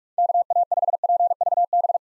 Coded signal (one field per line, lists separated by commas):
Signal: Morse code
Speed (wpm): 48 wpm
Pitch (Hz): 700 Hz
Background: none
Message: KA5PVB